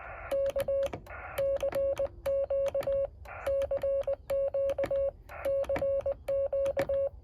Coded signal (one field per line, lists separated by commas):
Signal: Morse code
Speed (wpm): 20 wpm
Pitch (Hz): 550 Hz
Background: none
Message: K CQ CQ CQ